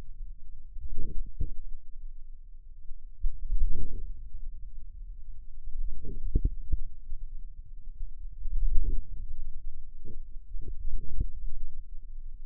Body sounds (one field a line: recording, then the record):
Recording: forearm muscle sounds (acoustic myography)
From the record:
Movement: hand closing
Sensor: system 2, bracelet of six BSWA MPA416 microphones around the upper forearm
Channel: 6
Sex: male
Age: 22 years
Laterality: right